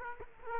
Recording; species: mosquito wingbeat signal from an infrared sensor; Culex quinquefasciatus